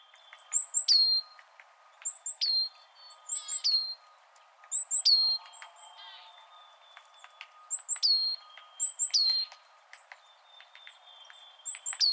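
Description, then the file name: Great tit call, a thin high note falling into a lower tone, repeated several times at uneven intervals over faint chatter from other birds. "Parus major"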